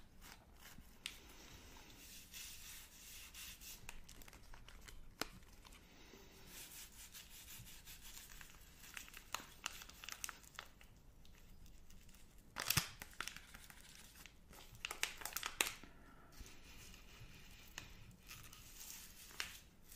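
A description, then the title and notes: Unwrapping and eating a Magnum chocolate bar: a steady, dense crinkling and rubbing of the wrapper runs through the whole clip. Sharper bright crackles and snaps stand out now and then, with the strongest bursts around 1, 5, 12.5 and 15 to 16 seconds. Unwrapping and Eating Magnum Chocolate.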